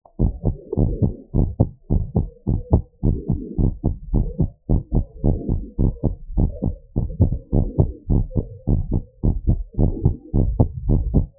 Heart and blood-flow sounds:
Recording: heart sounds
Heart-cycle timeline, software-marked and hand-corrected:
0.00	0.22	diastole
0.22	0.34	S1
0.34	0.46	systole
0.46	0.56	S2
0.56	0.78	diastole
0.78	0.92	S1
0.92	1.04	systole
1.04	1.14	S2
1.14	1.36	diastole
1.36	1.50	S1
1.50	1.60	systole
1.60	1.70	S2
1.70	1.92	diastole
1.92	2.04	S1
2.04	2.16	systole
2.16	2.26	S2
2.26	2.48	diastole
2.48	2.60	S1
2.60	2.72	systole
2.72	2.84	S2
2.84	3.06	diastole
3.06	3.18	S1
3.18	3.30	systole
3.30	3.40	S2
3.40	3.58	diastole
3.58	3.72	S1
3.72	3.86	systole
3.86	3.94	S2
3.94	4.12	diastole
4.12	4.28	S1
4.28	4.40	systole
4.40	4.50	S2
4.50	4.72	diastole
4.72	4.82	S1
4.82	4.96	systole
4.96	5.06	S2
5.06	5.26	diastole
5.26	5.38	S1
5.38	5.50	systole
5.50	5.60	S2
5.60	5.80	diastole
5.80	5.92	S1
5.92	6.04	systole
6.04	6.14	S2
6.14	6.36	diastole
6.36	6.52	S1
6.52	6.64	systole
6.64	6.74	S2
6.74	6.98	diastole
6.98	7.10	S1
7.10	7.22	systole
7.22	7.34	S2
7.34	7.54	diastole
7.54	7.68	S1
7.68	7.80	systole
7.80	7.90	S2
7.90	8.10	diastole
8.10	8.24	S1
8.24	8.38	systole
8.38	8.48	S2
8.48	8.70	diastole
8.70	8.82	S1
8.82	8.92	systole
8.92	9.02	S2
9.02	9.24	diastole
9.24	9.36	S1
9.36	9.48	systole
9.48	9.60	S2
9.60	9.80	diastole
9.80	9.92	S1
9.92	10.04	systole
10.04	10.14	S2
10.14	10.34	diastole
10.34	10.46	S1
10.46	10.58	systole
10.58	10.68	S2
10.68	10.88	diastole
10.88	11.04	S1
11.04	11.14	systole
11.14	11.26	S2
11.26	11.39	diastole
From the record:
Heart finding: normal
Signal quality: good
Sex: female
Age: 58 years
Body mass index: 36.3

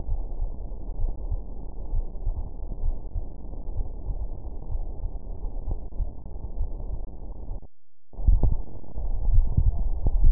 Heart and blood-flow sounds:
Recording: heart sounds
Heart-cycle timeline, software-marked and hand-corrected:
0.00	0.02	S1
0.02	0.20	systole
0.20	0.32	S2
0.32	0.98	diastole
0.98	1.10	S1
1.10	1.28	systole
1.28	1.38	S2
1.38	1.94	diastole
1.94	2.06	S1
2.06	2.24	systole
2.24	2.34	S2
2.34	2.86	diastole
2.86	2.96	S1
2.96	3.14	systole
3.14	3.24	S2
3.24	3.80	diastole
3.80	3.90	S1
3.90	4.08	systole
4.08	4.18	S2
4.18	4.74	diastole
4.74	4.84	S1
4.84	5.02	systole
5.02	5.12	S2
5.12	5.68	diastole
5.68	5.78	S1
5.78	5.98	systole
5.98	6.08	S2
6.08	6.60	diastole
6.60	6.70	S1
6.70	6.86	systole
6.86	6.94	S2
6.94	7.44	diastole
7.44	7.52	S1
7.52	7.66	systole
7.66	7.74	S2
7.74	8.26	diastole
8.26	8.42	S1
8.42	8.58	systole
8.58	8.68	S2
8.68	9.28	diastole
9.28	9.46	S1
9.46	9.64	systole
9.64	9.74	S2
9.74	10.22	diastole
10.22	10.32	S1
From the record:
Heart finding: coronary artery disease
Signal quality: good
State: rest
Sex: female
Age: 64 years

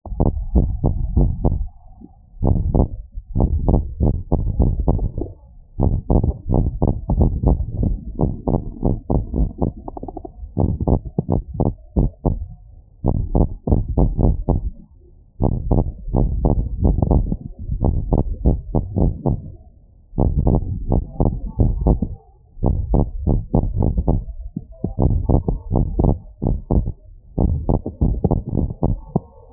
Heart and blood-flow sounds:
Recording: heart sounds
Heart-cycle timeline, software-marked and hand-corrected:
0.00	0.20	systole
0.20	0.28	S2
0.28	0.55	diastole
0.55	0.63	S1
0.63	0.82	systole
0.82	0.90	S2
0.90	1.14	diastole
1.14	1.25	S1
1.25	1.44	systole
1.44	1.54	S2
1.54	2.46	diastole
2.46	2.56	S1
2.56	2.72	systole
2.72	2.83	S2
2.83	3.36	diastole
3.36	3.47	S1
3.47	3.66	systole
3.66	3.77	S2
3.77	3.99	diastole
3.99	4.12	S1
4.12	4.28	systole
4.28	4.40	S2
4.40	4.62	diastole
4.62	4.73	S1
4.73	4.88	systole
4.88	5.00	S2
5.00	5.78	diastole
5.78	5.89	S1
5.89	6.09	systole
6.09	6.20	S2
6.20	6.50	diastole
6.50	6.64	S1
6.64	6.81	systole
6.81	6.95	S2
6.95	7.20	diastole
7.20	7.29	S1
7.29	7.43	systole
7.43	7.53	S2
7.53	8.19	diastole
8.19	8.35	S1
8.35	8.47	systole
8.47	8.57	S2
8.57	8.82	diastole
8.82	8.95	S1
8.95	9.12	systole
9.12	9.23	S2
9.23	9.35	diastole
9.35	9.46	S1
9.46	9.57	systole
9.57	9.71	S2
9.71	10.57	diastole
10.57	10.69	S1
10.69	10.87	systole
10.87	10.94	S2
10.94	11.30	diastole
11.30	11.40	S1
11.40	11.60	systole
11.60	11.68	S2
11.68	11.95	diastole
11.95	12.04	S1
12.04	12.23	systole
12.23	12.34	S2
12.34	13.08	diastole
13.08	13.16	S1
13.16	13.35	systole
13.35	13.46	S2
13.46	13.64	diastole
13.64	13.78	S1
13.78	13.98	systole
13.98	14.07	S2
14.07	14.20	diastole
14.20	14.29	S1
14.29	14.49	systole
14.49	14.56	S2
14.56	15.41	diastole
15.41	15.52	S1
15.52	15.68	systole
15.68	15.79	S2
15.79	16.13	diastole
16.13	16.28	S1
16.28	16.42	systole
16.42	16.54	S2
16.54	16.82	diastole
16.82	16.94	S1
16.94	17.12	systole
17.12	17.22	S2
17.22	17.81	diastole
17.81	17.94	S1
17.94	18.12	systole
18.12	18.20	S2
18.20	18.44	diastole
18.44	18.55	S1
18.55	18.74	systole
18.74	18.80	S2
18.80	18.98	diastole
18.98	19.08	S1
19.08	19.25	systole
19.25	19.36	S2
19.36	20.18	diastole
20.18	20.28	S1
20.28	20.47	systole
20.47	20.58	S2
20.58	20.88	diastole
20.88	20.97	S1
20.97	21.18	systole
21.18	21.30	S2
21.30	21.58	diastole
21.58	21.70	S1
21.70	21.85	systole
21.85	21.95	S2
21.95	22.63	diastole
22.63	22.73	S1
22.73	22.92	systole
22.92	23.01	S2
23.01	23.27	diastole
23.27	23.38	S1
23.38	23.52	systole
23.52	23.66	S2
23.66	23.78	diastole
23.78	23.89	S1
23.89	24.06	systole
24.06	24.17	S2
24.17	24.97	diastole
24.97	25.12	S1
25.12	25.29	systole
25.29	25.39	S2
25.39	25.72	diastole
25.72	25.84	S1
25.84	25.96	systole
25.96	26.12	S2
26.12	26.42	diastole
26.42	26.56	S1
26.56	26.70	systole
26.70	26.84	S2
26.84	27.38	diastole
27.38	27.51	S1
27.51	27.69	systole
27.69	27.80	S2
27.80	27.98	diastole
27.98	28.13	S1
28.13	28.25	systole
28.25	28.38	S2
28.38	28.55	diastole
28.55	28.66	S1
28.66	28.85	systole
28.85	28.98	S2
28.98	29.53	diastole
From the record:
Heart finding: abnormal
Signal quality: good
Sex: male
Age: 18 years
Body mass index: 22.8

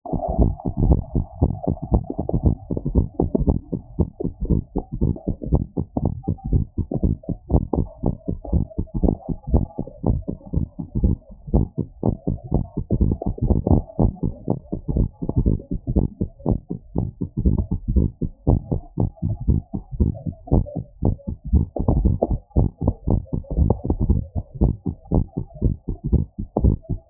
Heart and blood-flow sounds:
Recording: heart sounds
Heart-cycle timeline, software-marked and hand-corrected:
0.00	0.14	systole
0.14	0.22	S2
0.22	0.38	diastole
0.38	0.52	S1
0.52	0.64	systole
0.64	0.72	S2
0.72	0.84	diastole
0.84	1.00	S1
1.00	1.14	systole
1.14	1.24	S2
1.24	1.40	diastole
1.40	1.52	S1
1.52	1.66	systole
1.66	1.76	S2
1.76	1.92	diastole
1.92	2.04	S1
2.04	2.18	systole
2.18	2.28	S2
2.28	2.44	diastole
2.44	2.56	S1
2.56	2.70	systole
2.70	2.78	S2
2.78	2.92	diastole
2.92	3.06	S1
3.06	3.20	systole
3.20	3.28	S2
3.28	3.42	diastole
3.42	3.56	S1
3.56	3.72	systole
3.72	3.82	S2
3.82	3.98	diastole
3.98	4.08	S1
4.08	4.24	systole
4.24	4.32	S2
4.32	4.48	diastole
4.48	4.62	S1
4.62	4.76	systole
4.76	4.84	S2
4.84	5.00	diastole
5.00	5.14	S1
5.14	5.28	systole
5.28	5.36	S2
5.36	5.50	diastole
5.50	5.62	S1
5.62	5.78	systole
5.78	5.86	S2
5.86	6.02	diastole
6.02	6.12	S1
6.12	6.26	systole
6.26	6.36	S2
6.36	6.50	diastole
6.50	6.64	S1
6.64	6.78	systole
6.78	6.88	S2
6.88	7.04	diastole
7.04	7.16	S1
7.16	7.30	systole
7.30	7.38	S2
7.38	7.52	diastole
7.52	7.64	S1
7.64	7.78	systole
7.78	7.88	S2
7.88	8.04	diastole
8.04	8.14	S1
8.14	8.28	systole
8.28	8.36	S2
8.36	8.52	diastole
8.52	8.66	S1
8.66	8.78	systole
8.78	8.86	S2
8.86	9.02	diastole
9.02	9.14	S1
9.14	9.28	systole
9.28	9.36	S2
9.36	9.52	diastole
9.52	9.64	S1
9.64	9.80	systole
9.80	9.90	S2
9.90	10.06	diastole
10.06	10.20	S1
10.20	10.34	systole
10.34	10.40	S2
10.40	10.56	diastole
10.56	10.66	S1
10.66	10.78	systole
10.78	10.86	S2
10.86	11.02	diastole
11.02	11.16	S1
11.16	11.28	systole
11.28	11.36	S2
11.36	11.52	diastole
11.52	11.66	S1
11.66	11.80	systole
11.80	11.88	S2
11.88	12.04	diastole
12.04	12.14	S1
12.14	12.28	systole
12.28	12.38	S2
12.38	12.54	diastole
12.54	12.64	S1
12.64	12.76	systole
12.76	12.84	S2
12.84	12.98	diastole
12.98	13.12	S1
13.12	13.26	systole
13.26	13.34	S2
13.34	13.48	diastole
13.48	13.58	S1
13.58	13.70	systole
13.70	13.82	S2
13.82	14.00	diastole
14.00	14.12	S1
14.12	14.24	systole
14.24	14.34	S2
14.34	14.50	diastole
14.50	14.60	S1
14.60	14.72	systole
14.72	14.80	S2
14.80	14.94	diastole
14.94	15.08	S1
15.08	15.22	systole
15.22	15.30	S2
15.30	15.44	diastole
15.44	15.58	S1
15.58	15.72	systole
15.72	15.80	S2
15.80	15.94	diastole
15.94	16.08	S1
16.08	16.22	systole
16.22	16.32	S2
16.32	16.48	diastole
16.48	16.58	S1
16.58	16.72	systole
16.72	16.80	S2
16.80	16.96	diastole
16.96	17.08	S1
17.08	17.20	systole
17.20	17.28	S2
17.28	17.44	diastole
17.44	17.58	S1
17.58	17.70	systole
17.70	17.78	S2
17.78	17.94	diastole
17.94	18.08	S1
18.08	18.22	systole
18.22	18.32	S2
18.32	18.48	diastole
18.48	18.60	S1
18.60	18.72	systole
18.72	18.82	S2
18.82	18.98	diastole
18.98	19.10	S1
19.10	19.24	systole
19.24	19.36	S2
19.36	19.48	diastole
19.48	19.62	S1
19.62	19.74	systole
19.74	19.82	S2
19.82	19.98	diastole
19.98	20.12	S1
20.12	20.28	systole
20.28	20.36	S2
20.36	20.52	diastole
20.52	20.64	S1
20.64	20.78	systole
20.78	20.88	S2
20.88	21.04	diastole
21.04	21.16	S1
21.16	21.28	systole
21.28	21.36	S2
21.36	21.52	diastole
21.52	21.66	S1
21.66	21.78	systole
21.78	21.84	S2
21.84	21.96	diastole
21.96	22.14	S1
22.14	22.28	systole
22.28	22.38	S2
22.38	22.56	diastole
22.56	22.70	S1
22.70	22.84	systole
22.84	22.94	S2
22.94	23.08	diastole
23.08	23.22	S1
23.22	23.34	systole
23.34	23.42	S2
23.42	23.56	diastole
23.56	23.70	S1
23.70	23.86	systole
23.86	23.94	S2
23.94	24.08	diastole
24.08	24.22	S1
24.22	24.36	systole
24.36	24.44	S2
24.44	24.60	diastole
24.60	24.74	S1
24.74	24.88	systole
24.88	24.96	S2
24.96	25.12	diastole
25.12	25.24	S1
25.24	25.38	systole
25.38	25.48	S2
25.48	25.64	diastole
25.64	25.76	S1
25.76	25.88	systole
25.88	25.96	S2
25.96	26.10	diastole
26.10	26.24	S1
26.24	26.38	systole
26.38	26.46	S2
26.46	26.62	diastole
26.62	26.76	S1
26.76	26.90	systole
26.90	27.00	S2
27.00	27.09	diastole
From the record:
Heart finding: abnormal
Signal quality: good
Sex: female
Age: 49 years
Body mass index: 34.3

